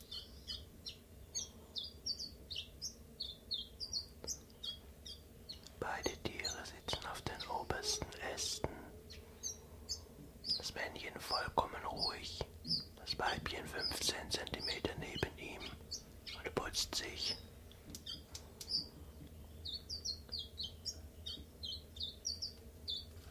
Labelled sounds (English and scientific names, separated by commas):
Common Chiffchaff (Phylloscopus collybita)